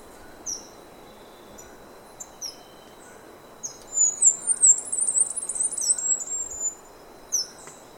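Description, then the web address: Golden-eyed flowerpiercer singing one rapid, very high twittering phrase of about three seconds, preceded and followed by a few sharp, isolated high notes. Recorded in Ecuador. "Birds of Ecuador Golden-eyed Flowerpiercer"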